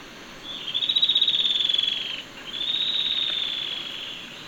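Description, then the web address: Yellow-breasted antwren sings two rapid, even trills of high pulsed notes, each lasting over a second with a brief gap between, against a quiet background. Recorded in Ecuador. "S America Birds of Ecuador. Yellow-breasted Antwren"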